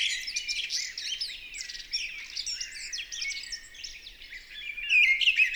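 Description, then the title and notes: Mistle thrush: continuous, softer rambling song of twittering, whistled and scratchy notes without clear pauses, rising in loudness at the end. In full fervent song on 28 March 2020 at Val Maravel, in stereo on a Nagra LB with an MKH40 microphone, during a period without aircraft noise. "UNE DRAINE ENCHANTEE. 28 mars 2020-Val Maravel. la belle Grive draine (Turdus viscivorus) dans toute sa ferveur vocale"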